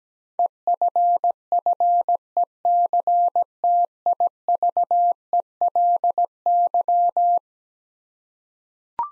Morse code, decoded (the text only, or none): EFFECTIVELY